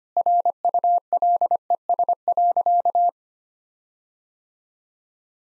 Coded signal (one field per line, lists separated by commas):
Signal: Morse code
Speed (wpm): 25 wpm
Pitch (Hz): 700 Hz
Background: none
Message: RULES.